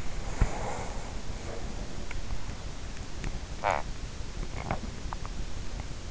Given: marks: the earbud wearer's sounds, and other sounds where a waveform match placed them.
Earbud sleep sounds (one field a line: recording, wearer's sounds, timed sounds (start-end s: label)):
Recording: sounds in sleep by an in-ear microphone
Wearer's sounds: breath, teeth grinding, swallowing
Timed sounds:
0.00-2.66 s: breath
3.12-4.44 s: teeth grinding
4.07-5.51 s: swallowing